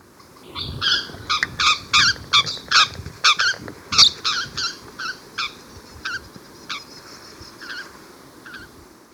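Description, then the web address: Red-faced parrot giving a rapid run of harsh, nasal squawks, then a few scattered, fainter calls. Recorded in Ecuador. "Birds of Ecuador. Red-Faced Parrot"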